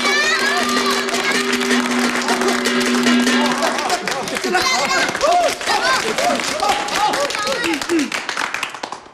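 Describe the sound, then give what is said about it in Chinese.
An audience applauds with steady, dense clapping for several seconds as a show begins and the first act, a poetry recitation, is announced. A sustained musical tone rings over the first half, and excited voices rise over the clapping toward the end. “表演第一个节目诗朗诵，表演者吕青侯，大家热烈鼓掌。”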